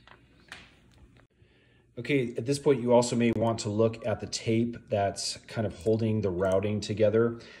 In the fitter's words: then red cable same thing going to push in here until you hear the click